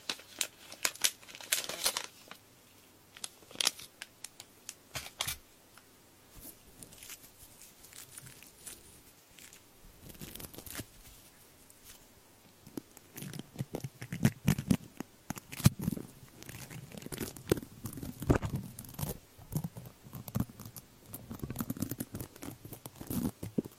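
An earpick scrapes and rubs, making dense crackly, crinkling scratches with sharp bright clicks. The first few seconds are busy, then it thins to scattered ticks around five to twelve seconds. From about thirteen seconds it grows fuller, with lower rubbing and frequent clicks to the end.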